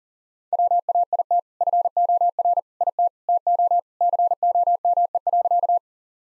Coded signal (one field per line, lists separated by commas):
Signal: Morse code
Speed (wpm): 40 wpm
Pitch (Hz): 700 Hz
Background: none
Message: WAIT FOR IT TO COME.